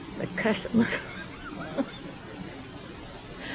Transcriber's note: laughter